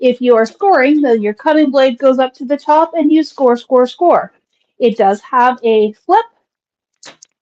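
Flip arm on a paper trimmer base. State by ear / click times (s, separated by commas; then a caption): seated / 7.2 s. Someone talks, then swings the flip-over arm on the base of a paper trimmer with cutting and scoring blades, and it locks into place with a sharp click at 7.2 s. It locks almost as if held by a magnet, possibly a small lip.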